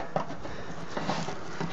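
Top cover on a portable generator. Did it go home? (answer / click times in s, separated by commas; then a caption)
no / none. Someone handles the top cover on a Krafthertz 850 Watt portable generator, pressing it down on top while steady broadband noise runs underneath, with brief knocks near 0.2 s and 1.0 s. Nothing has seated or clicked yet when the clip ends.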